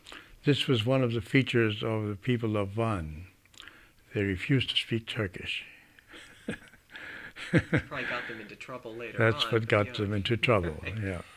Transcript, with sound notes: This was one of the features of the people of Van. They refused to speak Turkish. (he laughs)
It probably got them into trouble later on.
That's what got them into trouble, yeah.